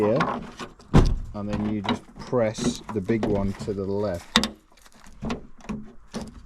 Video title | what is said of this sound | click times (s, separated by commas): HOW I TRANSFORMED A MAZDA MX-5 WITH THESE CHEAP MODS... | and then it Clips in just like that | 5.3 s, 6.1 s